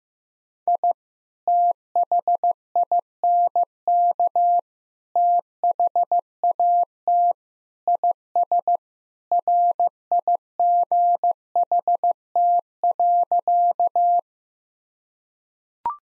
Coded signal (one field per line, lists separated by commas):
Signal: Morse code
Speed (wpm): 15 wpm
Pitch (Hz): 700 Hz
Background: none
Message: I THINK THAT IS RIGHT.